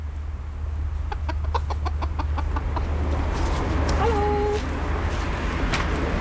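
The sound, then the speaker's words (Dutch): Chickens, whose eggs are being collected, cluck in a quick, even run of short clucks, followed by a single drawn-out, higher-pitched call, all over a steady low rumble. “Kijk, twee eitjes van de kippen.”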